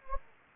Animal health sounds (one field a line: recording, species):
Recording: mosquito wingbeat signal from an infrared sensor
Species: Anopheles gambiae